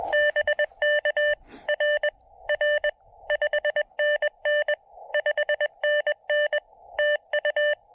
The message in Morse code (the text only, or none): BK R R 5NN 5NN TU